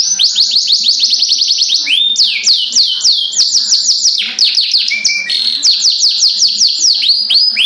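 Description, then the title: Oriental magpie-robin song: loud, rapid runs of high downslurred chirps, with quick trills and brief lower whistled notes woven between, nearly continuous throughout. "Kicau Kacer"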